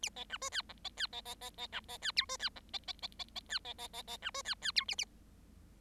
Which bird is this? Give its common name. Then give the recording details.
Bengalese Finch. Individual Bird7